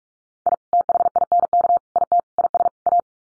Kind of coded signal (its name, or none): Morse code